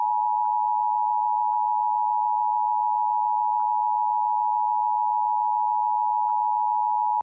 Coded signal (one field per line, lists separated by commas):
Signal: Emergency Alert System (SAME) tones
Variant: 853 and 960 Hz attention tone